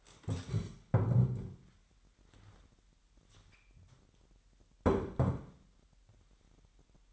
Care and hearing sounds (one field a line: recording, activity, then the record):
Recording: daily activity, microphone in the room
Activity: stand up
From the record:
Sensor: 3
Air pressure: 998.5 hPa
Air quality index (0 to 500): 130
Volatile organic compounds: 4 ppm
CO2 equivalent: 1552 ppm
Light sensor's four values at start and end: 11/27/11/12 and 7/16/7/7